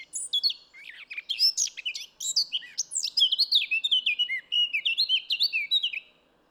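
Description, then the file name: Eurasian blackcap singing: scratchy, jumbled warbling first, then a loud sequence of whistled phrases stepping downward. "Sylvia atricapilla"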